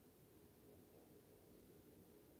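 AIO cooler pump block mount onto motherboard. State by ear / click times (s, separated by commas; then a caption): not seated / none. The top-right mounting point of an AIO cooler pump block is being tightened onto an Asus ROG Strix X870E-H Gaming WiFi7 motherboard. Only a steady low hiss and faint handling noise are heard. Nothing has seated or clicked yet.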